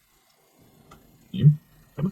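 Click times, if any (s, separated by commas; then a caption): none. A DDR4 memory module is pushed into a motherboard DIMM slot but won't go in, and it has not seated or clicked. A faint tick comes at about 0.9 s, then someone talks in two short bursts near 1.3–1.6 s and 2.0 s.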